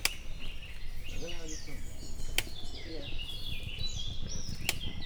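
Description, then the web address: Bactrian camel slapping with its tail: three crisp smacks spaced a little over two seconds apart, while birds chirp and trill steadily and low noise rumbles underneath. Captive male in a zoo in Miskolc, recorded 2018, slapping its back with its tail. "ketpupu teve levizeltfarkavalahatatcsapkodohim"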